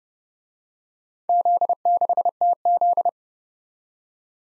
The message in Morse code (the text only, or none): Z6TZ